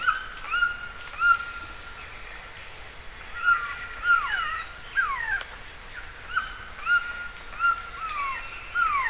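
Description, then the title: Glossy antshrike giving clear whistled notes, steady then sliding downward, in groups every couple of seconds. "LuckyPassaro Completos2Sama. Glossy Antshrike (Sakesphorus luctuosus)"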